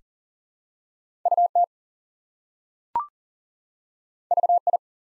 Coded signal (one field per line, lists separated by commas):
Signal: Morse code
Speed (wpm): 40 wpm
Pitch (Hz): 700 Hz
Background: none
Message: UT VI